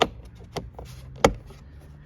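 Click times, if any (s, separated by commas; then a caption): 0.0 s, 1.2 s. The small upper trim panel and its larger hook are pressed back into the front passenger door card of a 2011–2017 BMW X3 (F25). Sharp clip clicks are heard at 0.0 s and 1.3 s as the trim clips snap home, with fainter knocks in between. The trim is seated.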